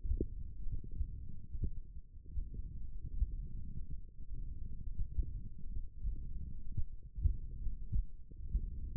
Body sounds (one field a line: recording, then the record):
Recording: forearm muscle sounds (acoustic myography)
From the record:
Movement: tripod grip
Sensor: system 1, eight BSWA MPA416 microphones around the upper forearm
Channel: 3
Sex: male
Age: 21 years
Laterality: right